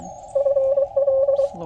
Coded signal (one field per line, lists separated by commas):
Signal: Morse code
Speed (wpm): 23 wpm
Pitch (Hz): 540 Hz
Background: none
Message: FL